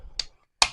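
A part of a plastic transformable mecha figure is pressed into its mating socket during transformation. Two sharp clicks are heard at 0.2 s and 0.6 s, the second louder and brighter, and the part snaps into place.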